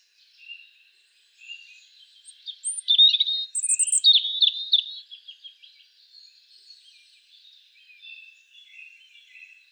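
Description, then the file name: European robin song: faint high notes, then a bright, fast burst of thin whistles and trills that fades into soft twittering. "Erithacus rubecula"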